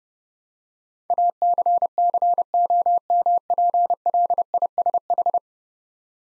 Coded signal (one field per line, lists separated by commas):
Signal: Morse code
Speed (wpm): 32 wpm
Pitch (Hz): 700 Hz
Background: none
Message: ACCOMPLISH